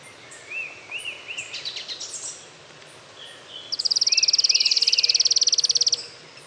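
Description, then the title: Streak-capped antwren song: a fast, even, very high buzzing trill lasting over two seconds, after a run of soft arched notes; steady background hiss. "LuckyPassaro Completos2Sama. Streak-capped Antwren (Terenura maculata)"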